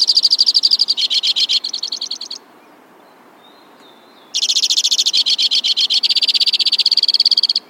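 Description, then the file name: White-winged crossbill song of fast trills in changing patterns, a silent stretch of about two seconds, then another long varied trill run. "suara-kicauan-burung-white-winged-crossbill 3-omkicau"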